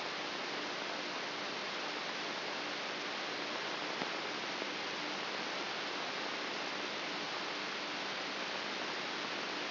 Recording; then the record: brain microelectrode recording played as sound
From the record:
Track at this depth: inside the subthalamic nucleus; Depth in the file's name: 4.24 mm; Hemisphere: right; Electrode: 3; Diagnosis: Parkinson's disease